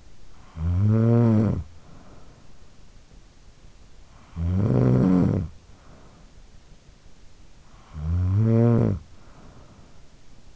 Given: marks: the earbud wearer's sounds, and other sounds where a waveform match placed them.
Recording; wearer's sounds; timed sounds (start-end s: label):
sounds in sleep by an in-ear microphone; snoring breath
0.00-2.92 s: snoring breath
3.88-6.96 s: snoring breath
7.46-10.56 s: snoring breath